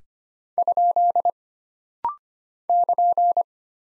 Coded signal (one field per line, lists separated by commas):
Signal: Morse code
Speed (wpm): 25 wpm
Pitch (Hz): 700 Hz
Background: none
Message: ? <KN>